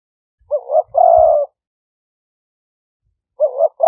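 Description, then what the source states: Spotted dove coo phrase of a quavering note and a long hollow coo, starting again at the end; soft low thumps beneath the first phrase. Call style named '5 hậu' in Vietnamese.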